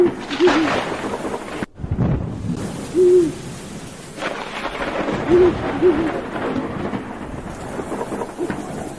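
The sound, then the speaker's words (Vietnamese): An owl hoots several times in the distance, short wavering low calls repeating at intervals over steady rain and rumbling thunder in a deep mountain forest during a rainstorm, with no one speaking. “Đằng xa xa có tiếng con chim cú bay lạc bầy trốn mưa, kêu lên làm cho người ta rợn cả người.”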